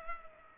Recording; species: mosquito wingbeat signal from an infrared sensor; Culex pipiens